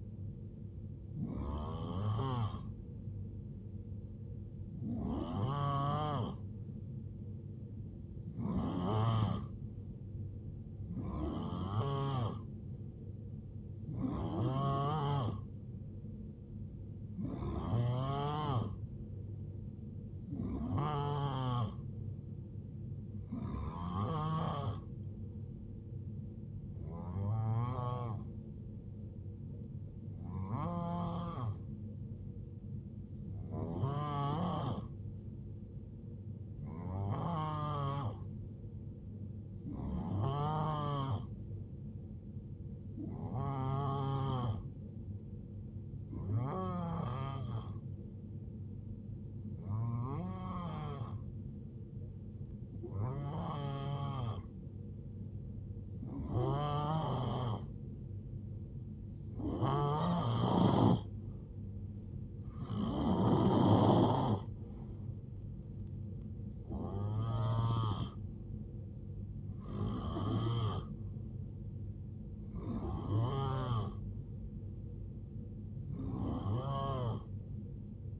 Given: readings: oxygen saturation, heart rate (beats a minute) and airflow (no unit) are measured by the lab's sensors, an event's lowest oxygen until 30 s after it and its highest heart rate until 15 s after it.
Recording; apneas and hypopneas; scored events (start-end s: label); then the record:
breathing in sleep by a smartphone at the bedside; 1
7.00-26.50 s: hypopnea (N2, oxygen 91% highest, then 88% lowest, heart rate 70 at the start, 78 highest)
30.00-78.20 s: new sleep stage, N3 (deep sleep)
From the record:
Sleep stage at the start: N2 (light sleep); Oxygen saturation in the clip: 88 to 91%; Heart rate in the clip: 58 to 78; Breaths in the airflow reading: 24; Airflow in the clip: -9.8 to 4.7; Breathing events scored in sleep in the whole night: 389 in 6.3 hours asleep